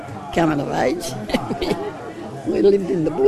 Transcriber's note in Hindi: laughs